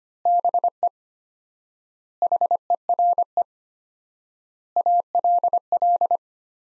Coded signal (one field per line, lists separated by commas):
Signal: Morse code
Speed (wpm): 25 wpm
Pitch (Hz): 700 Hz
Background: none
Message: BE HERE ALL